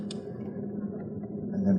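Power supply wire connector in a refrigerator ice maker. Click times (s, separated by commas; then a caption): 0.1 s. A plastic power supply wire connector on a Whirlpool refrigerator ice maker is unlatched by pressing in its locking tab and then pulling the wire harness out. One short sharp hit at 0.1 s falls between pressing the tab and pulling the wires, over a steady low hum, while someone talks. The connector is released.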